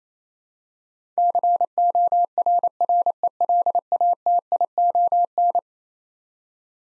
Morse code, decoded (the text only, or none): CORRELATION